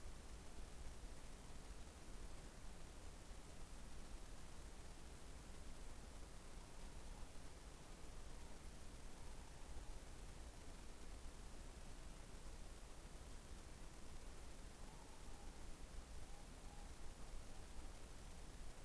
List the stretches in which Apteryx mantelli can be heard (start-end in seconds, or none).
none